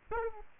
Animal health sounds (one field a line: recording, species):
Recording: mosquito wingbeat signal from an infrared sensor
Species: Aedes aegypti